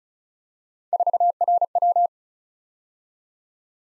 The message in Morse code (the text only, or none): 4RW